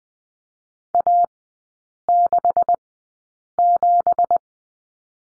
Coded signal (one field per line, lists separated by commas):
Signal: Morse code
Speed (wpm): 20 wpm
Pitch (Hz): 700 Hz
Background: none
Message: A67